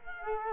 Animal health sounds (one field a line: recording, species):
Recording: mosquito wingbeat signal from an infrared sensor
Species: Culex quinquefasciatus